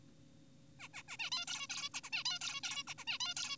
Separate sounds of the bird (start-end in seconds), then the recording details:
0.80-0.88, 0.94-1.02, 1.08-1.17, 1.19-1.30, 1.32-1.45, 1.48-1.67, 1.70-1.89, 1.94-2.01, 2.04-2.10, 2.13-2.24, 2.26-2.39, 2.41-2.61, 2.64-2.84, 2.88-2.94, 2.98-3.05, 3.07-3.18, 3.20-3.34, 3.37-3.57. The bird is an adult. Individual g4p5U